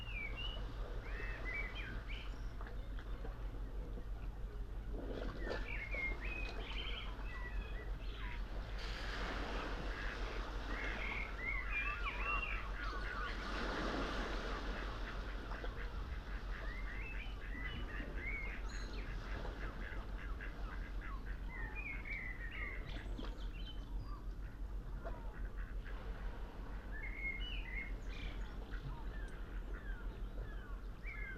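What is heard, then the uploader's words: Early morning by a calm sea, with birds chirping and calling in quick, scattered bursts throughout. A soft wash of water rises and fades around the middle. A steady low rumble sits underneath the whole time. Early morning below Nothe Fort. The sound-scene is of a smooth, sunrise sea, heard from a tree, growing up out of a bundle of boulders, close to the water's edge. It's early April, and just after daybreak. The Lento kit is in the tree, capturing the wide spatial quiet of this place with nobody about, right beside Nothe Fort in Weymouth on the south coast of England.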